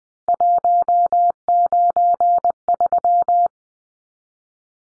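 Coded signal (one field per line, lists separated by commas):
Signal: Morse code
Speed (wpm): 20 wpm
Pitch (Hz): 700 Hz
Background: none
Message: 193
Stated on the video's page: Three-digit numbers in Morse at 20 wpm, each sent twice for head-copy practice.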